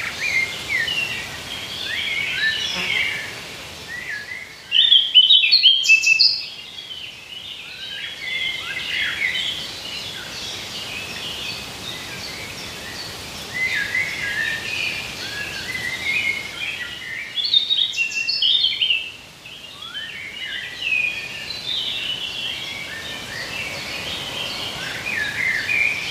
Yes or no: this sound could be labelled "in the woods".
yes